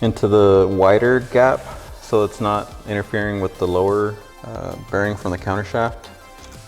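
During a CD009 manual transmission rebuild (CD009 to JK40), a steel snap ring on the input/main shaft bearing is rotated so its gap clears the countershaft bearing before it is pressed into the mid plate. Someone talks throughout while the part is handled. Nothing has seated or clicked yet; the ring has not snapped into its groove.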